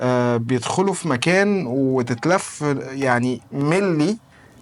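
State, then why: Not seated. A macro add-on lens with three tabs is being fitted into the slots of a thermal camera's lens mount, to be twisted so it locks in place. Only someone talking is heard, with no clicks or impact sounds, and nothing has seated or clicked yet by the end of the clip. Once fixed, the lens is said to still feel loose and not firm at all.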